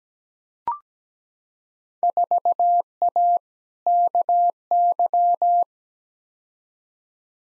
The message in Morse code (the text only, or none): 4A KY